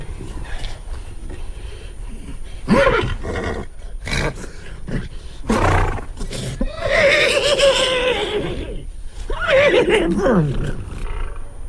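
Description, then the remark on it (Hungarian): A voice imitates a thirsty horse neighing, with three loud, shaky whinnies that rise and then slide down in pitch, broken up by short breathy snorts and pauses. “Ez egy szomjas ló nyerítése.”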